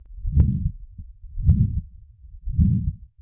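Heartbeat heard through a stethoscope with the murmur of mitral regurgitation, at about 55 beats per minute, low-pitched.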